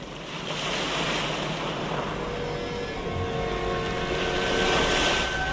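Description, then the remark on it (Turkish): Steady rushing sea waves wash around a ship as it turns back toward the open sea on a dark sea before sunrise, a broad continuous roar with wind and faint tonal engine hums running underneath, swelling slightly toward the end. “Şimdi gemi dönüş yaptı. Yeniden geriye, açık denizlere doğru mu yol alıyoruz?”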